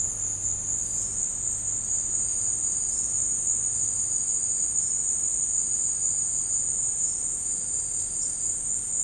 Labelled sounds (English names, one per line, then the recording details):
none
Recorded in secondary vegetation near Puerto Asís, Putumayo, Colombia, on 13 March 2025 at 16:30
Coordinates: 0.502, -76.326
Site G100